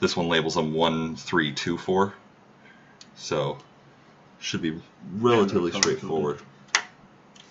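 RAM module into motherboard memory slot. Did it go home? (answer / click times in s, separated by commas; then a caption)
yes / 6.8 s. A RAM memory module is pushed into a motherboard DIMM slot until the retention latch clicks. Someone talks over most of the clip, and a sharp click at 6.8 s marks the module seating in the slot.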